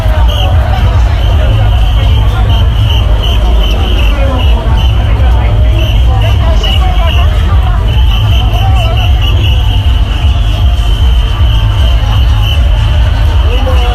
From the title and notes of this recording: Recorded of the sounds, noises and atmosphere at Shibuya Halloween Crowd 2021.